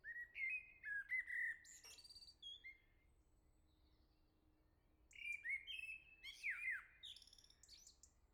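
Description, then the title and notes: Common blackbird song: a run of mellow whistled notes and a high squeaky finish, a quiet spell, then another rich fluting phrase with twittered ending. Singing close by on the morning of the first day of summer, Grande Rue de Chassagne, La Jarrie, France; recorded on SD MixPre-6 II, MS MKH40/30 in Cinela PIA2, 96kHz/32-bit. "Le Merle salue l'été, 3 Gd Rue de Chassagne, 17220 La Jarrie, France. Quel Sol!!!! pour saluer l'arrivée de l'été ce matin! Merci Jolie Merle de tes vocalises à proximité!"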